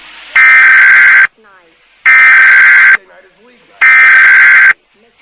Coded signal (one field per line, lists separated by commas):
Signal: Emergency Alert System (SAME) tones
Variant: header bursts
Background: speech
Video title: EAS Mock - Better get inside boy